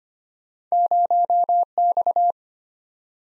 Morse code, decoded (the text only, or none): 0X